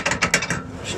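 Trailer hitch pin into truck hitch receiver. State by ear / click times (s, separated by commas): seated / 0.2 s, 0.3 s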